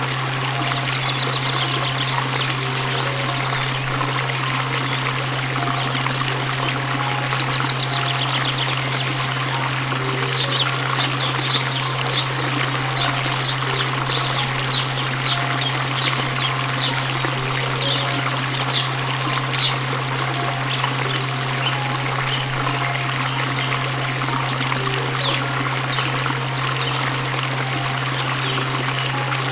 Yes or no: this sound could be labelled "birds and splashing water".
yes